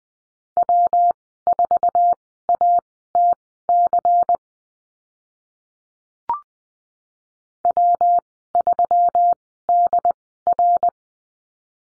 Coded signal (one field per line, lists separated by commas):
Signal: Morse code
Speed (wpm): 20 wpm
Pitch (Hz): 700 Hz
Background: none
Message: W4ATC W3DR